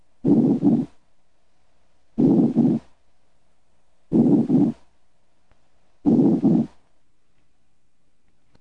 Diminished breath sounds, diaphragmatic paralysis. Diaphragmatic paralysis may limit ventilation of the lung bases. Consequently, breath sounds are diminished. Diminished breath sounds in a patient with diaphragmatic paralysis sound like this.